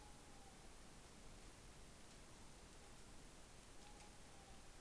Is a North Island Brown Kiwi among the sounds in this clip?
no